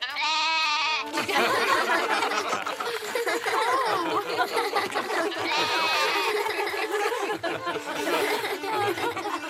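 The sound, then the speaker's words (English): A single wavering, high-pitched bleat from a goat on a stage, lasting about a second, then a dense, loud stretch of crowd chatter and laughter that carries on to the end. “The goat's gotten confused. I have to get it off the stage.”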